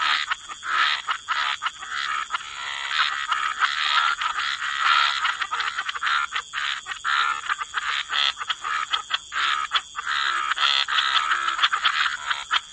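Frog chorus of quick rattling croaks overlapping continuously, with a constant thin high hiss in the background.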